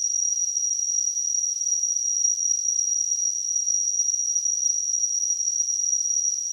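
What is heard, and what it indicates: Simulated tinnitus: a steady, continuous high-pitched tone with a faint hiss around it, unchanging throughout.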